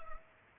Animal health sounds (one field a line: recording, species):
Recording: mosquito wingbeat signal from an infrared sensor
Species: Culex pipiens